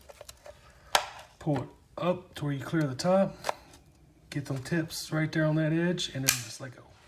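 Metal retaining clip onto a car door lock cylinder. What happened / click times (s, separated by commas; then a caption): The metal clip is being positioned but has not seated yet / none. A metal retaining clip is being fitted onto a car door lock cylinder: one side is pulled up over the top and its tips are set on the edge before it is let go. Someone talks throughout, with a few sharp metallic ticks, the loudest at about 1.0 s. Nothing has seated or clicked into place yet.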